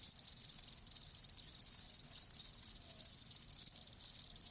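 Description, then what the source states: Crickets chirping steadily, high pulsed notes in close bursts forming a continuous shimmering chorus. Live crickets chirping.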